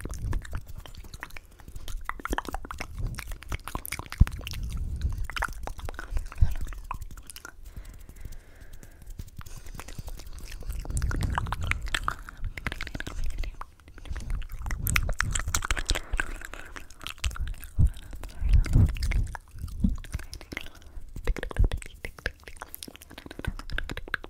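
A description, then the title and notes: Wet mouth sounds with quick tongue clicks and soft smacks, dense and irregular, with low rubbing touches throughout. ASMR Mouth Sounds (finger fluttering, tongue clicking, face touching).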